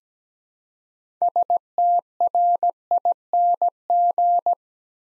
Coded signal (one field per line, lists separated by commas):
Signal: Morse code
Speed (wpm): 17 wpm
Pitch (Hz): 700 Hz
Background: none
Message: STRING